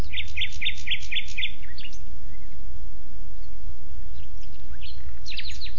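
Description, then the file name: Common nightingale phrase of five or six fast repeated chirping notes, followed by softer scattered notes and a final burst of sharp notes, with low background rumble. "Luscinia megarhynchos"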